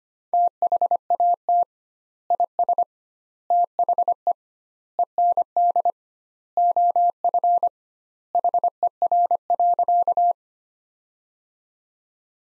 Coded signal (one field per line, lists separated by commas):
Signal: Morse code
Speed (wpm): 25 wpm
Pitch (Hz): 700 Hz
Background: none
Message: THAT IS THE END OF HER.